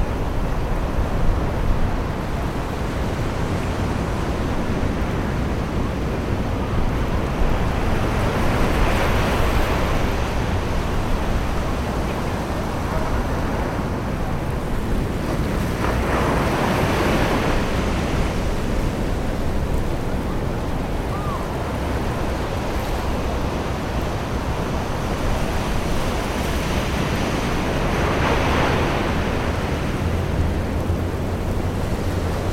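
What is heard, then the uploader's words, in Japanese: Waves roll onto a beach with a steady low rush and wind, swelling into brighter surges around 9, 16 and 28 seconds. 遠くの波と風の優しい交響曲。夏の日のビーチの穏やかな音。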